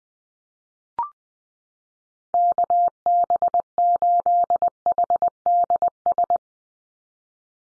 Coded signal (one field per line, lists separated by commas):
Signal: Morse code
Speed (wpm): 20 wpm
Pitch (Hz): 700 Hz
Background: none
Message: KB8HDS